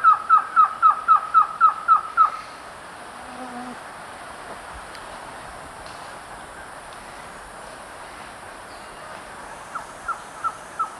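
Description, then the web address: Green-backed trogon singing a quick run of nine even, hollow notes, then a pause of quiet hiss before four more notes start near the end. Song recorded in the eastern lowlands of South America. "Natures Songs S America Eastern Lowlands Trogon viridis, song"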